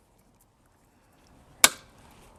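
A Thule Easyfold XT 2 bike rack's stabilizing arm is clamped onto a bicycle crossbar, and its tightening knob is turned until the torque limiter releases. After near silence and a faint tick at 1.3 s, a single sharp, loud pop comes at 1.6 s and fades quickly. The pop means the clamp is fully tightened to its set torque.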